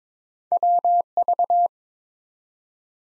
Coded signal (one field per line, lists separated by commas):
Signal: Morse code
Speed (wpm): 22 wpm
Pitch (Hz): 700 Hz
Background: none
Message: WV